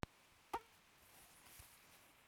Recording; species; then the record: mosquito flight sound by mobile phone; Aedes sierrensis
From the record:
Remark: free flight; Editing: field recording with all noises